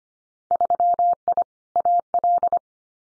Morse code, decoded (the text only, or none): 3I AL